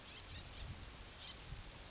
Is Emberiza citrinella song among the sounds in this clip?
no